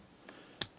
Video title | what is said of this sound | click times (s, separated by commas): Transformers Fall of Cybertron BRUTICUS Review ( G2 COLLECTORS EDITION ) | yeah it does there we go that clicks into place holds that straight | 0.6 s